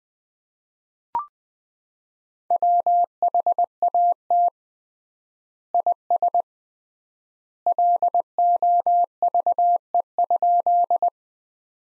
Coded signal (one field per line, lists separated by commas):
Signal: Morse code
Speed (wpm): 20 wpm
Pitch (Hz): 700 Hz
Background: none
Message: WHAT IS LOVE?